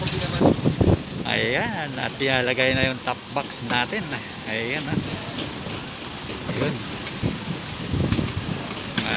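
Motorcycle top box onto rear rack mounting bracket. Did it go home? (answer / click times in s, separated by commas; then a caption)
yes / 8.1 s, 9.0 s. Someone talks while a plastic top box is set onto its metal mounting bracket on a motorcycle's rear rack and pushed down until the latch engages. Two sharp clicks sound at 8.1 and 9.0 seconds as the box locks onto the bracket.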